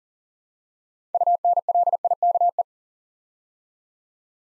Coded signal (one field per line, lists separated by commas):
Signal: Morse code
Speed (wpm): 40 wpm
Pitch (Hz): 700 Hz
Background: none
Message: UNLIKE